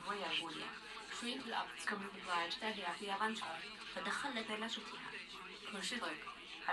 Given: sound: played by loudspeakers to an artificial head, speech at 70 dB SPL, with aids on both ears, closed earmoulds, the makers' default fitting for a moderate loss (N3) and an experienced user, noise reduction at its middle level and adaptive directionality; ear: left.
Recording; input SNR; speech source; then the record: speech test signal (ISTS) in cocktail-party noise; +9 dB; on the right (90 degrees)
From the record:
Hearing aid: class 1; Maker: E